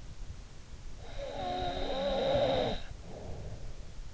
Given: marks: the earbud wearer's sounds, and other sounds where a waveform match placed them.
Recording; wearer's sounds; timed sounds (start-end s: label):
sounds in sleep by an in-ear microphone; snoring breath
0.43-3.86 s: snoring breath